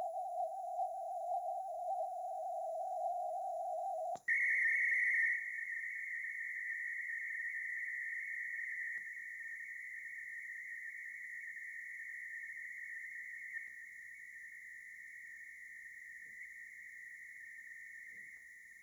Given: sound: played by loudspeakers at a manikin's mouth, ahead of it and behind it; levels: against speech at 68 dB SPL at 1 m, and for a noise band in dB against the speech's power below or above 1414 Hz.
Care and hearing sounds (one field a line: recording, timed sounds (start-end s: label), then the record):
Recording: test signals for a remote microphone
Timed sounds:
0.00-4.15 s: noise band at 707 Hz, +10 dB
4.28-8.98 s: noise band at 2000 Hz, +10 dB
8.98-13.67 s: noise band at 2000 Hz, +5 dB
13.67-18.37 s: noise band at 2000 Hz, 0 dB
18.37-18.83 s: noise band at 2000 Hz, -5 dB
From the record:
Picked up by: remote microphone A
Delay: 47 ms